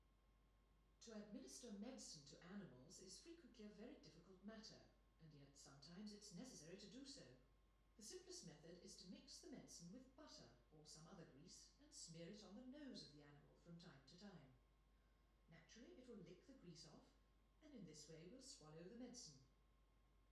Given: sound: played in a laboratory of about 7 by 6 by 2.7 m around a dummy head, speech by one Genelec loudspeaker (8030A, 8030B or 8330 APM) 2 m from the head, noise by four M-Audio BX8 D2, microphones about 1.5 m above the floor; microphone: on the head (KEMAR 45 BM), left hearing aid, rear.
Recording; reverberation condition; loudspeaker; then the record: female speech in English; medium; 30 degrees to the right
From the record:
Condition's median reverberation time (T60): about 510 ms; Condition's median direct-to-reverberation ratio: about -0.5 dB